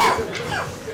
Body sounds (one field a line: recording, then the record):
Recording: coughing mixed with background sound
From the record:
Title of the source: Spring Cold Coughing 2